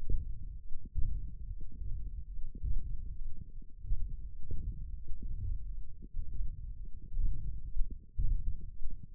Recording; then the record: forearm muscle sounds (acoustic myography)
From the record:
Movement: hand opening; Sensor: system 1, eight BSWA MPA416 microphones around the upper forearm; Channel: 2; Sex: male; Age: 21 years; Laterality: right